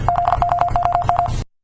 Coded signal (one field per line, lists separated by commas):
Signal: Morse code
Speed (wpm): 50 wpm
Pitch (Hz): 700 Hz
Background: none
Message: ZOOM